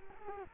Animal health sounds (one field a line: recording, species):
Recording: mosquito wingbeat signal from an infrared sensor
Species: Culex quinquefasciatus